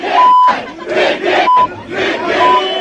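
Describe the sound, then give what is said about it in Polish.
A crowd of students shouts and chants at the mayor in loud, rhythmic bursts with brief pauses between them, while three short, steady high-pitched beeps cut across the yelling. “Padły ostre słowa w kierunku burmistrza.”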